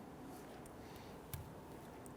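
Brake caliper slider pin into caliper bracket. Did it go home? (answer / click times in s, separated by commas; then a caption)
yes / 1.3 s. A greased brake caliper slider pin on a 2005-2021 Nissan Frontier is lined up and pushed into the caliper bracket bore and its rubber boot. Over a steady low background, a short, sharp pop is heard at 1.3 s as the pin seats and locks into place.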